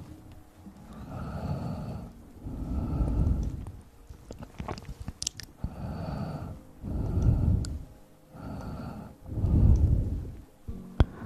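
Mouth sounds and ear blowing: soft, low rushes of air swell and fade in a slow rhythm, roughly every two seconds. Between the breaths come small wet clicks and crackles, busiest around the middle, with a few sharp ticks near the end.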